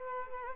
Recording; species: mosquito wingbeat signal from an infrared sensor; Culex quinquefasciatus